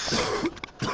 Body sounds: coughing mixed with background sound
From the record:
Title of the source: Coughing 46

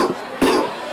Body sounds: coughing mixed with background sound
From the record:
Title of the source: Coughing 77

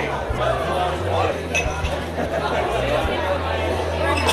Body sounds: background sound without coughing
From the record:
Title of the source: CITY SOUNDS Busy Bar in the Evening Night - 2 HOURS of Ambiance for Relaxation

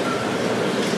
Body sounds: background sound without coughing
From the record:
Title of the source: Office Sounds Ambience - Background Noise for Study and Work

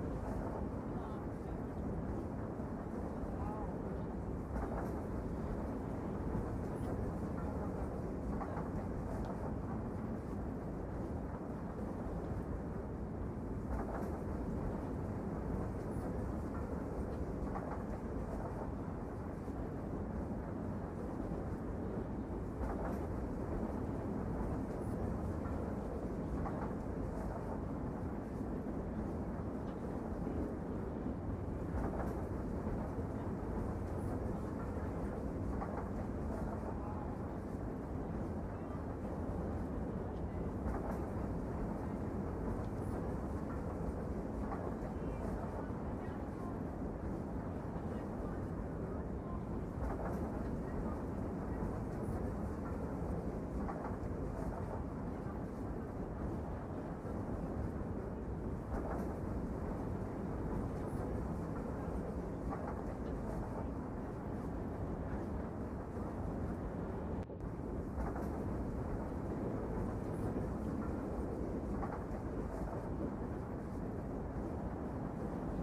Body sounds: background sound without coughing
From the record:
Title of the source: Train Ride Ambience ambient white noise for sleeping, focus, studying, reading

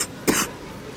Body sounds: coughing mixed with background sound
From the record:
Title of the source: 30 Chesty and wet cough

